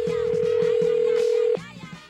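A phone call to Casa Gaucci lands on an answering machine: one long, steady, mid-pitched electronic beep holds for about a second and a half, then cuts off as a voice starts speaking.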